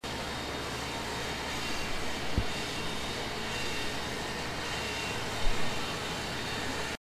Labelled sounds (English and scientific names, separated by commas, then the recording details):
Atlantic Cod (Gadus morhua)
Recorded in the wild
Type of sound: under water sound
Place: Austnesfjorden, Lofoten, Nordland, NO
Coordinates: 68.309, 14.722
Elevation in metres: 0
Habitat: sea
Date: 2015-03-11
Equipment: Edirol R44, Sensor Technology SQ26
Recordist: Frommolt, Karl-Heinz
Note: Geräusche vom Kabeljau beim Ablaichen aufgezeichnet in 50 m Tiefe. Die Fische kamen zum Ablaichen in Massen in den Fjord (wurden dort auch geangelt)